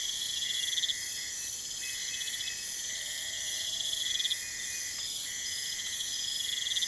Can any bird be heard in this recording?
no